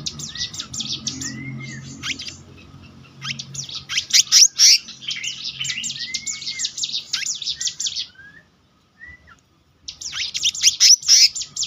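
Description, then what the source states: Selendang biru songbird pouring out quick, busy high-pitched phrases with a few looping whistles, pausing briefly near the end before resuming, a soft low hum behind. Singing in the continuous rolling style called gacor ngeroll, with isian (fill-in phrases).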